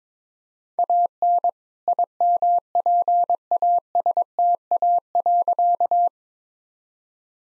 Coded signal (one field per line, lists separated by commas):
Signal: Morse code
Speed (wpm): 22 wpm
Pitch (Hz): 700 Hz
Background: none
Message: AN IMPASTA.